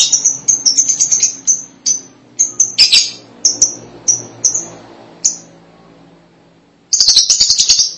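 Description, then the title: Lovebird calls, a steady run of sharp high chirps, a short pause, then a loud burst of rapid grating chatter. "BM Suara Burung Lovebird"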